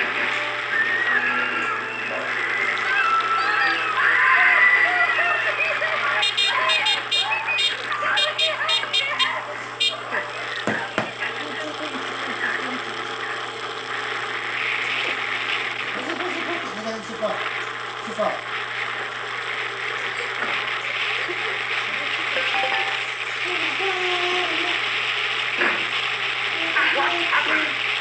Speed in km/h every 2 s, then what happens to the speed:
34, 33, 33, 29, 26, 25, 28, 31, 35, 37, 39, 41, 42, 43.
0-5 steady at about 33. 5-7 brakes to 26. 10-28 speeds up to 43.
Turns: none.